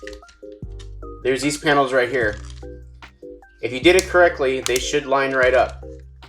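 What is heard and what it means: Plastic body panels on a Studio Series 86 Ultra Magnus transforming robot toy are handled and lined up against the toy's torso while someone talks over music in the background. A few faint ticks of plastic handling are heard, but nothing has seated or clicked into place yet.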